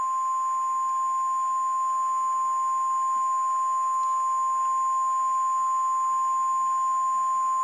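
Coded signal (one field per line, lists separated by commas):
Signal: Emergency Alert System (SAME) tones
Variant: 1050 Hz attention tone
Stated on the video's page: EAS Tornado Warning interrupting a children's TV programme.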